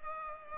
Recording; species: mosquito wingbeat signal from an infrared sensor; Culex pipiens